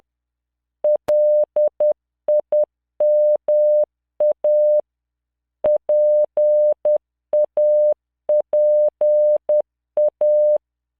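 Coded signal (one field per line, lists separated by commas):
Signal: Morse code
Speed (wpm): 10 wpm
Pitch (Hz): 600 Hz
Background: none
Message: LIMA PAPA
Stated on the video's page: Morse practice drill at 10 WPM, 600 Hz tone, standard 3-dot spacing, generated by LearningMorse V.0.83 software under Wine on Xubuntu.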